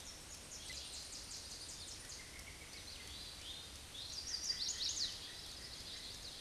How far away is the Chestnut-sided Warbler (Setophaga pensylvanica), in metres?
about 40 m